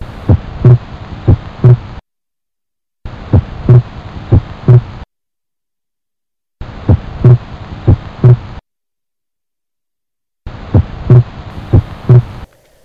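Low heart sounds at about 60 beats a minute in short bursts separated by silence, with a split second heart sound. Splitting is normal on deep inspiration only; splitting in both inspiration and expiration is pathological, from delayed pulmonary valve closure (right bundle branch block, ASD, pulmonary stenosis, defective right ventricular function) or premature aortic valve closure (mitral regurgitation, ventricular septal defect).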